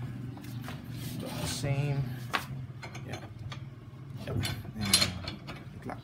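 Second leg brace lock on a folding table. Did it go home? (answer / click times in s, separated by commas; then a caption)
yes / 4.9 s. Someone talks while locking the second leg brace of a Sumo foldable table, model ST-7130PF, working it with ratcheting, mechanical sounds. The brace clicks into place at 4.9 s, and the leg is locked.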